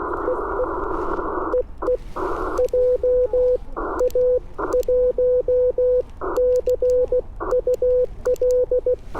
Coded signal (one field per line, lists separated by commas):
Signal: Morse code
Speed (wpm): 17 wpm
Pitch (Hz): 500 Hz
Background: radio noise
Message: EE EE JA1 CUL